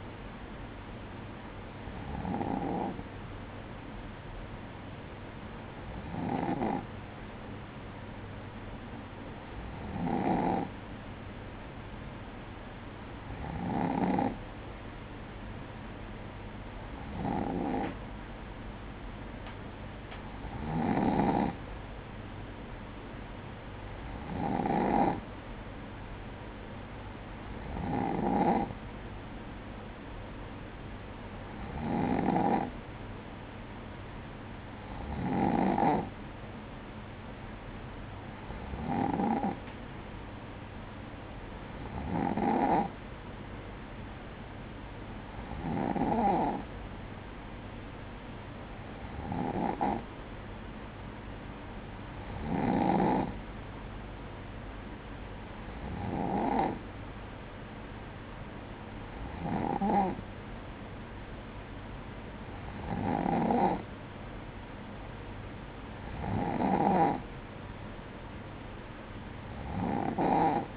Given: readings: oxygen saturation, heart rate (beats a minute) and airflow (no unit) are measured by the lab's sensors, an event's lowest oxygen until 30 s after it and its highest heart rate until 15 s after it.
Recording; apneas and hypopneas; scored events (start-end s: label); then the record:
breathing in sleep by a voice recorder at the bedside; none
none scored
From the record:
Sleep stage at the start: N2 (light sleep); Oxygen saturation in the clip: 95 to 96%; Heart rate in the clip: 52 to 58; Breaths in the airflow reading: 19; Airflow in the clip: -7.1 to 5.8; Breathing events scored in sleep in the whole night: 180 in 6.7 hours asleep